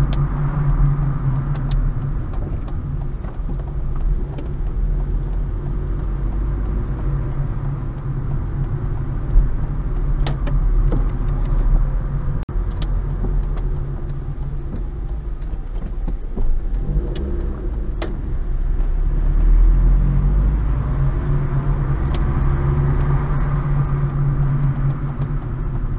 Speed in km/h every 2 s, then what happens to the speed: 24, 12, 12, 20, 18, 18, 14, 11, 5, 11, 14, 25, 22.
0-2 brakes to 12. 4-6 speeds up to 20. 10-15 slows to 5. 15-22 speeds up to 25.